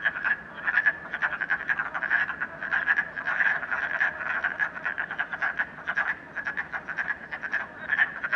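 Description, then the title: Frog chorus, continuous overlapping croaks in short pulsed bursts, dense and steady across the whole stretch. Frogs in a puddle at night in Canada, recorded during COVID-19. "Frogs, Night, Train, Canada"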